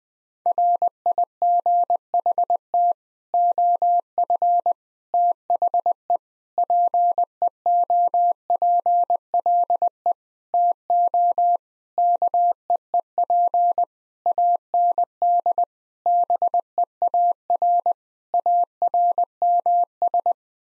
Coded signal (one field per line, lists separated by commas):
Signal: Morse code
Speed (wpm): 20 wpm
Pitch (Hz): 700 Hz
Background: none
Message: RIGHT OF THE PEOPLE TO KEEP AND BEAR ARMS